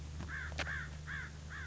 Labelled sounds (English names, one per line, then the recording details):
American Crow
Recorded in Sonoma County, California